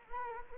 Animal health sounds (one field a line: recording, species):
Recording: mosquito wingbeat signal from an infrared sensor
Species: Anopheles arabiensis